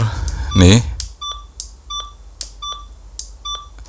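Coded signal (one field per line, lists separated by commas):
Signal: none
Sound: radio's control beeps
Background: speech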